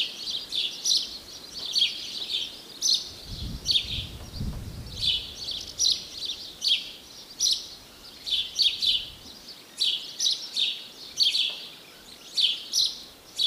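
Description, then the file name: House sparrow giving repeated short chirps in an irregular stream, about two per second, with a brief low rumbling noise early on. "Passer domesticus"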